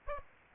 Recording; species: mosquito wingbeat signal from an infrared sensor; Aedes aegypti